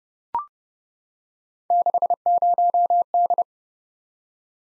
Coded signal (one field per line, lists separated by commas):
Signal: Morse code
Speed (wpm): 30 wpm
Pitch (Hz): 700 Hz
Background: none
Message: 60D